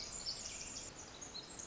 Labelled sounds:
Pacific Wren
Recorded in Sonoma County, California

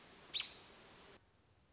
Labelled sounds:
American Robin
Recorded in Sonoma County, California

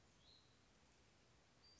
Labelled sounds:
Western Flycatcher
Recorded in Sonoma County, California

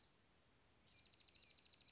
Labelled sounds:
Dark-eyed Junco
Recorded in Sonoma County, California

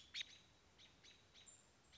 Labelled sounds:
American Robin
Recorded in Sonoma County, California

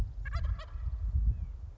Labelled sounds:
White-breasted Nuthatch
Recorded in Sonoma County, California

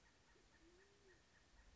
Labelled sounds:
Band-tailed Pigeon
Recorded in Sonoma County, California

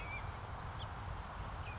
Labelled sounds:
House Finch
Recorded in Sonoma County, California

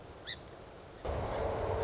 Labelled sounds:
Song Sparrow
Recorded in Sonoma County, California

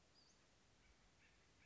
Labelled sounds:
Western Flycatcher
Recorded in Sonoma County, California

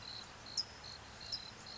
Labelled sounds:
California Towhee
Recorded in Sonoma County, California

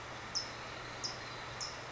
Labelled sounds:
California Towhee
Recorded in Sonoma County, California

